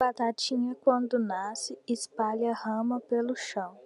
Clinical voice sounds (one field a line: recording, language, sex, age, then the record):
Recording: short text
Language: Brazilian Portuguese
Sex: female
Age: 18 to 19 years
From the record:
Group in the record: control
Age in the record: 19 years